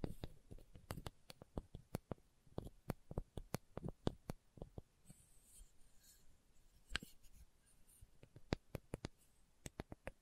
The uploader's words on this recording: ASMR Slow Tapping for Deep Sleep (No Talking).